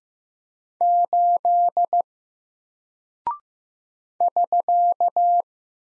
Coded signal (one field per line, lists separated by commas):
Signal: Morse code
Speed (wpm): 15 wpm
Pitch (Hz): 700 Hz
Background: none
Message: 8 <SK>